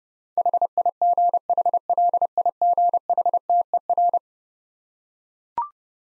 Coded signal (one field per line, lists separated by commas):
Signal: Morse code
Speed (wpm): 32 wpm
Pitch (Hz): 700 Hz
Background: none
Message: HIGHLIGHTER